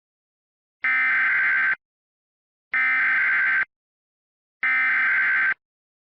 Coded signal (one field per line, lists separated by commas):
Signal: Emergency Alert System (SAME) tones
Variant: header bursts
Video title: EAS Mock: It's TOR time!